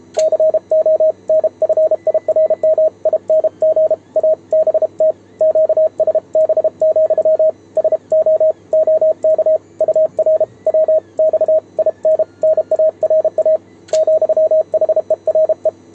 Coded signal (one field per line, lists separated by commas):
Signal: Morse code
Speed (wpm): 32 wpm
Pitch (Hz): 630 Hz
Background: radio noise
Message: CONFIRMING ABT QSB, SO OK UR WX IN NARA ,HERE